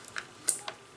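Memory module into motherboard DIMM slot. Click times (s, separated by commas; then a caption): 0.5 s. A 16 GB memory module is pushed down with both thumbs into a motherboard DIMM slot, and its left and right retention latches click in one after the other. The loudest, sharpest snap comes at 0.5 s, with fainter ticks around 0.2 s and 0.7 s. The module is seated.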